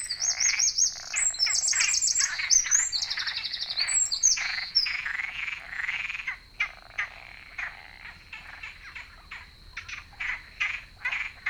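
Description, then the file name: Eurasian wren song: a fast burst of high trills and chattering notes for about six seconds, then quieter scattered chips over a steady faint high tone. "Troglodytes troglodytes"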